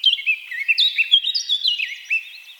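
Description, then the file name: Eurasian blackcap, a brief stretch of continuous warbling, with fluid slurred whistles and chirps running together. "Sylvia atricapilla"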